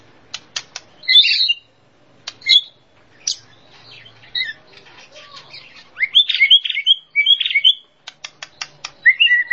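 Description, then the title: Bird song mixing sharp clicks with bursts of buzzy, high chattering notes and a few warbled phrases. Described as a complete 'masteran' birdsong compilation. "Kicau Burung Masteran Lengkap"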